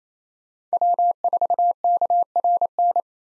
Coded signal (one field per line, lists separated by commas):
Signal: Morse code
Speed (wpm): 28 wpm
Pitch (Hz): 700 Hz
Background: none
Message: W4KRN